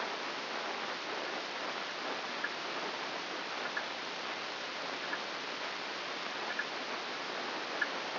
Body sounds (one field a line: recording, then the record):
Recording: brain microelectrode recording played as sound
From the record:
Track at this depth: inside the subthalamic nucleus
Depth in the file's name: 3.801 mm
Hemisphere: right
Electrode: 2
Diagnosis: Parkinson's disease